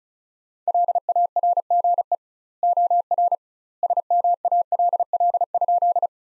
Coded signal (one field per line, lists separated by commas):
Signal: Morse code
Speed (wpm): 36 wpm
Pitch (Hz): 700 Hz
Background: none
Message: LARGE OR SMALL?